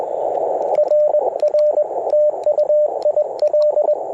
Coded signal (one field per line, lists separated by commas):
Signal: Morse code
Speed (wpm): 21 wpm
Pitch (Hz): 600 Hz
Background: radio noise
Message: RR TU IL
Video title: Ten-Tec Argonaut V - CW POTA 8/28/23 @ K-4451